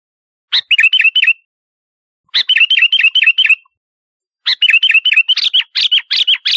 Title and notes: Kicau Burung Kutilang